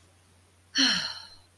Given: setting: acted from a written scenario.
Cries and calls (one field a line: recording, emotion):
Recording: vocal sound without words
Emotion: contentment